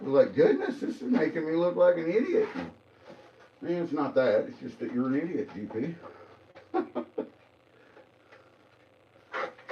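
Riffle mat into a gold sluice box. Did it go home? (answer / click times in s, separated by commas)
yes / 9.6 s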